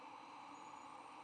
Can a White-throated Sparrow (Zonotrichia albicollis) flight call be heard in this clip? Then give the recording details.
no. No flight call is heard. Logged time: 03:50 on 9 November 2014